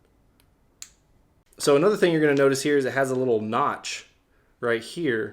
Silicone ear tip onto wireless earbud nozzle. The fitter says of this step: to the little nubs and just press. And it's going to click right in, just like that.